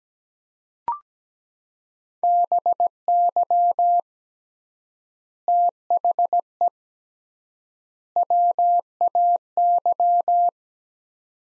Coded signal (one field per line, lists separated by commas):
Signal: Morse code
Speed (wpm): 17 wpm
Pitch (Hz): 700 Hz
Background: none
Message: BY THE WAY